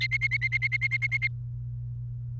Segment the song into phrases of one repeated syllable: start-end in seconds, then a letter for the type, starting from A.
0.00-1.27 A